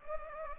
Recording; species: mosquito wingbeat signal from an infrared sensor; Anopheles gambiae